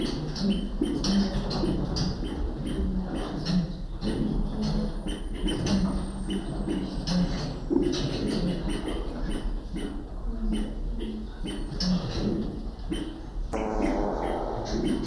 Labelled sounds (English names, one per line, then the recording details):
Northern Greater Galago call
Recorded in captivity
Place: Primatenstation Kassel, Hessen, DE
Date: 1995-09-24 14:34
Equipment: Sony WM-D6C, Sennheiser ME 80, Kopie Uher 4000 Report Monitor
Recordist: Tembrock, Günter